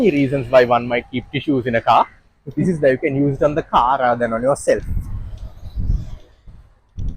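An engine oil dipstick that has been pulled from its tube is wiped clean with a tissue before going back in. Someone talks for most of the clip, with soft rustling and handling noise after about 5 seconds and a faint tap near 7.0 seconds. The dipstick has not been reinserted or clicked into place yet.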